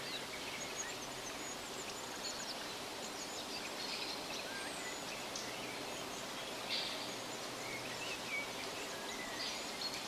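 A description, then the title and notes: Woodland sounds: a steady, dense rushing wash fills the whole ten seconds, with a faint low hum beneath it. Small bright bird chirps and short whistles flicker on top now and then, a little more around the middle and near the end. 3hrs of Woodland Sounds.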